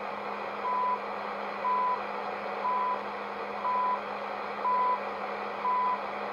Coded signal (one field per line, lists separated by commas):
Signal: radio time signal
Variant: time pips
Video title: CHU Canada time signal at 3330 MHz on my National Panasonic R-355